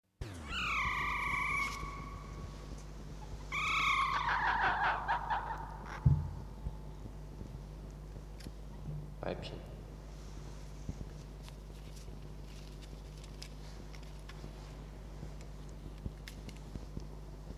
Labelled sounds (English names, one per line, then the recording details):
Red Fox
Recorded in captivity
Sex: diverse
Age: juvenile
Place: Zoologisches Institut der HUB, Berlin, DE
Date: 1956-05-16 12:45
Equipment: Elmetra
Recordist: Tembrock, Günter